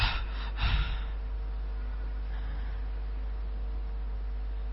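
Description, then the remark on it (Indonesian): A voice imitates being out of breath, like someone arriving late at the mosque for prayer, with a couple of quick, harsh breathy gasps at the start, then only a steady low hum of background noise. “Iya, kadang juga sudah salam, iya baru datang, itu pun dengan ngos-ngosan.”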